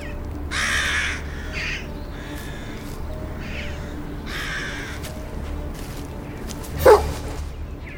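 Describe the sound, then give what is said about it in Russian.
A dog barks in a few rough bursts, with one sharper, louder bark near the end, while crows caw and a steady low rumble runs underneath. “Слышит лай собаки, оглядывается.”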